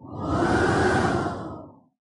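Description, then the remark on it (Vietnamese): A single loud, sustained whoosh of howling wind, a broad rushing swell that holds steady for over a second and then fades out. No voices. “Tiếng gió rít gào, quyển tranh trải rộng ra, bầu trời trong xanh biến mất, hóa thành một cái mảnh thế giới nuốt sống Diệp Phàm trong đó, biến mất tâm tích.”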